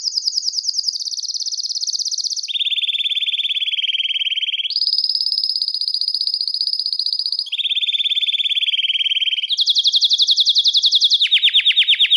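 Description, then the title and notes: Belgian canary singing a sequence of rapid trills, each held for a second or a few seconds before jumping to a higher or lower pitch, ending on a lower trill. "Canario Belga, nyonyastudio"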